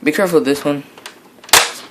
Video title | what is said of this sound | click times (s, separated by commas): How to take apart a xbox360 arcade | there we go that popped out easy | 1.5 s